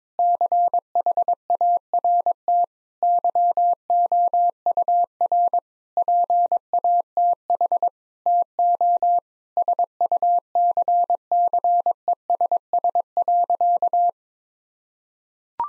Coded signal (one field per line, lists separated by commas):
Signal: Morse code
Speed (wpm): 22 wpm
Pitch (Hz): 700 Hz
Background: none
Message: CHART YOUR PATH TO SUCCESS.